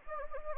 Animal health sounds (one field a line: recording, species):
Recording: mosquito wingbeat signal from an infrared sensor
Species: Anopheles gambiae